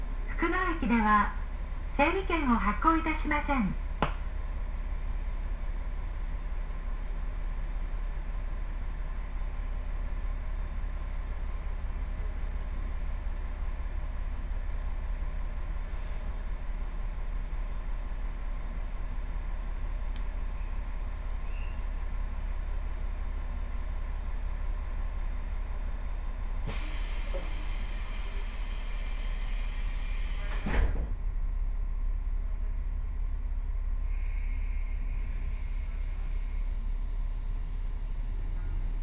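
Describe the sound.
A two-car diesel railcar rolls along at an easy pace, its engine and wheels giving a steady low rumble throughout. A voice speaks briefly in the first few seconds. Around 27 seconds a bright, high whine holds for about four seconds, then stops.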